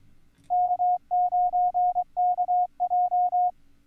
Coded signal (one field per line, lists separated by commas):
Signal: Morse code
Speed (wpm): 23 wpm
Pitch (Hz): 720 Hz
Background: none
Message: K9KJ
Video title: Countdown to November Sweepstakes - CW / Morse Code 2023